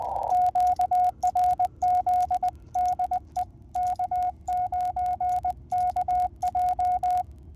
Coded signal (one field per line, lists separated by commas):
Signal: Morse code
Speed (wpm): 20 wpm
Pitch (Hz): 730 Hz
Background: radio noise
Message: QRZ DE K9KJ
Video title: Is POTA a "gateway" into contesting? +POTA activation US-4206